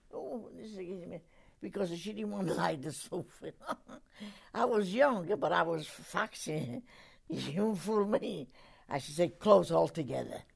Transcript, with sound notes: Oh, this is giving me, because she didn't want to light the stove. ( she laughs ) I was young, but I was foxy. You don't fool me. I used to say close altogether,